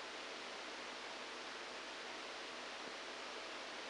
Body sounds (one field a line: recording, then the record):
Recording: brain microelectrode recording played as sound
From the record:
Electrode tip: outside the subthalamic nucleus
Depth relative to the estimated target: 0 mm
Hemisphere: right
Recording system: NeuroSet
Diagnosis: Parkinson's disease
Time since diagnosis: 7 years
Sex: male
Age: 69 years